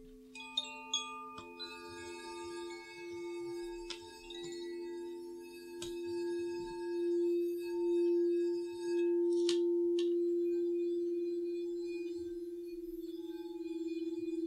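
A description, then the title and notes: A sound bath with singing bowls ringing in long, sustained tones, a strong low hum near the middle swelling and pulsing slowly. Bright metallic strikes land early, around one, four and six seconds, with another shimmering chime near nine seconds, each decaying gradually. A Relaxing and Soothing Sound Bath.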